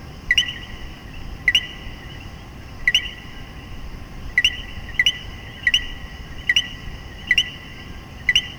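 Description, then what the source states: Coquí frog giving repeated two-note chirps, each sweeping upward, at uneven intervals over a steady high background hum. Coquíes, Puerto Rico.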